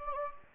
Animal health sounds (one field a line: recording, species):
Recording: mosquito wingbeat signal from an infrared sensor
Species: Anopheles gambiae